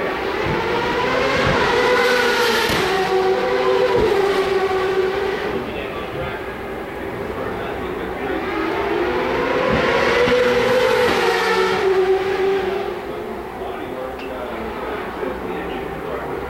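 Race cars with turbocharged V8 engines roar past in two waves, the first peaking around two to four seconds and the second around ten to twelve. Engine pitch rises and falls as they pass, over a steady low rumble with crowd or voice murmur beneath.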